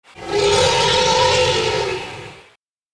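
Elephant trumpeting: one loud, harsh, brassy blast that holds steady for about two and a half seconds before cutting off.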